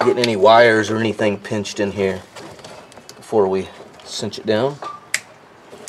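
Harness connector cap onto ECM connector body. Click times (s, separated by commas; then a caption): 5.1 s. A plastic connector cap is pressed down over a wiring harness connector on the ECM after a new pin is inserted, and it seats. Someone talks, then one sharp loud click is heard at 5.1 s as the cap clicks into place on both sides of the connector body.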